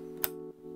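The supplied torque screwdriver tightens screw number one of an AMD Threadripper CPU socket retention frame until it gives a single sharp, bright click at 0.2 s, over a steady low tonal hum that briefly drops out around 0.5 s. The click means the driver has reached its set torque, and the screw now has the right tension and can't go any further.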